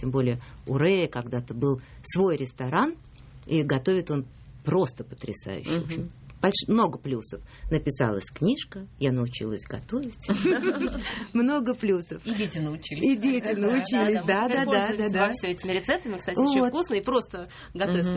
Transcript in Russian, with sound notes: Тем более, у Рэя когда-то был свой ресторан, и готовит он просто потрясающе. Очень… много плюсов. Написалась книжка, я научилась готовить… (смех) Много плюсов.
И дети научились.
И дети научились, да-да-да.…
пользовались вовсю этими рецептами. Кстати, очень вкусно и просто готовится.